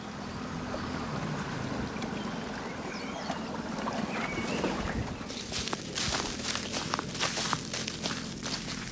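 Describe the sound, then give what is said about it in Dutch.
A small punt boat glides through water in the water village of Beltschutsloot, with steady low rumbling and sloshing, then a burst of brighter splashing and crackling noise in the second half. No one speaks. “Driekwart van het jaar ga ik met de punterweg in plaats van met de auto.”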